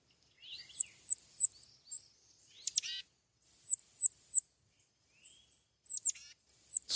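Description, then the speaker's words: Tufted Titmouse giving very high, thin whistled notes in short series of three or four, with a few sharp descending slurs between series. Super high-pitched sound likened to an electrical wire; spring. "Then they make this sort of electrical wire sound, which is amazing."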